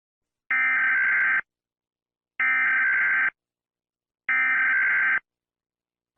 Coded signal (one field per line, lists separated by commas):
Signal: Emergency Alert System (SAME) tones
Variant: header bursts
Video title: DO NOT MOVE: EAS Scenario